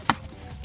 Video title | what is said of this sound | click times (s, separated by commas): Uk Ford Focus Cmax Service inc Fuel Filter and service light reset | slide it up and then click | 0.1 s